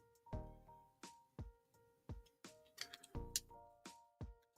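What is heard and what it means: A plastic shoulder armour piece of a snap-fit Transformers model kit is pressed over the two round pegs on the figure's arm while music with sustained tones plays. Soft handling knocks and small ticks come before a sharp, bright click at 3.4 s as the piece clips on and is seated.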